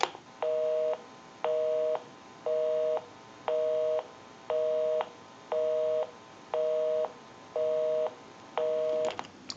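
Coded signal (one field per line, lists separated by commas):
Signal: telephone call progress tone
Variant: North America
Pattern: busy tone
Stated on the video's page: Call progress tone on a Western Electric 302 rotary dial desk telephone during initial checkout and repair.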